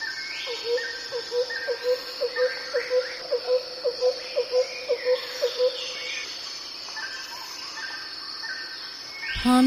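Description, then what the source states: Bird: low, evenly repeated note about twice a second for several seconds, amid scattered bird chirps and a constant high insect hum. Jungle birds.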